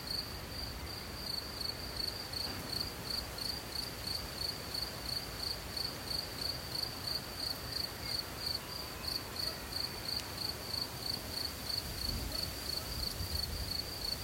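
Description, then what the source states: Crickets trilling in a continuous high pulsed band, steady throughout, over soft wind hiss. Crickets in a forest with wind.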